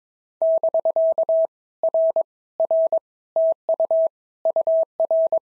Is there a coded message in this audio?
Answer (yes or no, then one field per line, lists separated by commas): yes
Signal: Morse code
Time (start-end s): 0.4-5.4 s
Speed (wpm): 22 wpm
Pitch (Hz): 650 Hz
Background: none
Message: <BK> R R TU UR